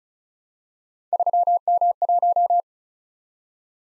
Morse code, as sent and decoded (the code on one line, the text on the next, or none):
...-- -- .----
3M1